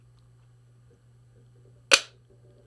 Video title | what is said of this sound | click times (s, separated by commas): What Breaks a Fast? Dispelling Myths - Fasting Check-In - Dr. Dwain Woode | okay and you may have heard that click | 1.9 s